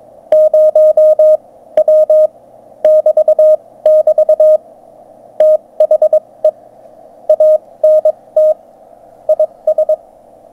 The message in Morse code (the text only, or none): 0W <BT><BT> THE ANT IS